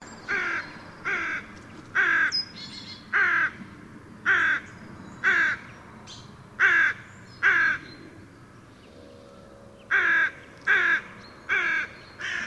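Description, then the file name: Carrion crow calling a series of about a dozen short, harsh caws, with a longer pause before the last four. "Corvus corone"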